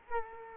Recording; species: mosquito wingbeat signal from an infrared sensor; Culex quinquefasciatus